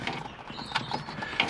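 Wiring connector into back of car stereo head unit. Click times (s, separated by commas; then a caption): 1.4 s. A wiring connector is pushed by hand into the back of an aftermarket stereo head unit being fitted to a Mini R50, R52 or R53. Faint rustling and handling noise leads to a sharp click at 1.4 s, and the connector is seated in place.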